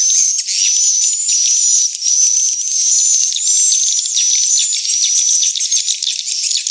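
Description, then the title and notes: Swiftlets calling in a steady, dense chorus of shrill chirps, with a high whistle line that rises and falls slightly. Swiftlet house sound of the AKAU brand, Tien Giang, Vietnam. "Am thanh nha yen Akau Vietnam - Tien giang. Những âm thanh chim yến thuộc thương hiệu AKAU"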